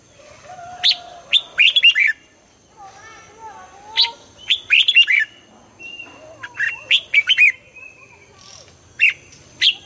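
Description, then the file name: Red-whiskered bulbul song of rapid chirps and clicks in several bursts, mixed with softer low whistled notes. Hue strain red-whiskered bulbul singing in the 'giọng kép' (double voice) song style. "Tieng chao mao hue hot giong kep"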